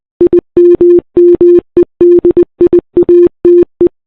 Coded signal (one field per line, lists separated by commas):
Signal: Morse code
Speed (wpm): 20 wpm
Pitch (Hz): 350 Hz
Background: none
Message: IMMEDIATE